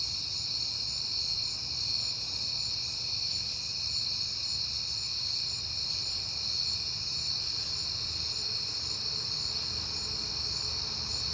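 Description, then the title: Crickets keep up a continuous high chirping chorus over a low rumble in the background. Crickets recorded at night in September, on a peaceful night. "Night Time: Crickets and Passing Cars"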